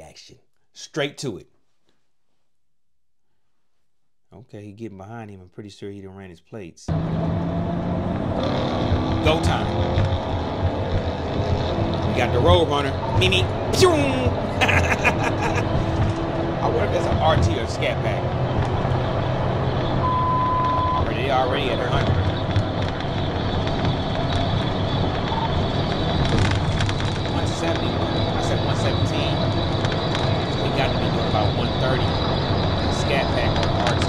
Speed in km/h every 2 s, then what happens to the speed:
64, 74, 74, 87, 106, 124, 138, 153, 166, 174, 179, 185, 192, 198, 208, 211, 216.
0-34 speeds up to 216.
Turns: none.